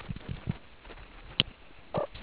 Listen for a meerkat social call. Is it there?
no